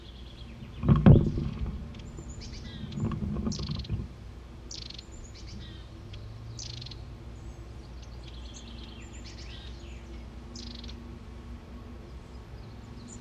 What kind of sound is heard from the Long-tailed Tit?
call